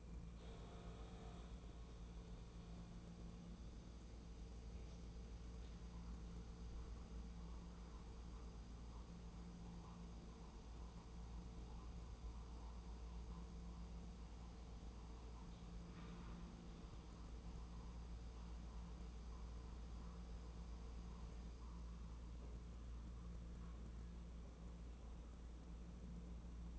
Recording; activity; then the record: daily activity, microphone in the room; make coffee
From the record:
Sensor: 1